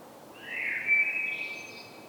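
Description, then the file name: Common blackbird giving a drawn-out, thin whistled note that swells, holds level and trails off, with a faint higher tone near the end. "Turdus merula"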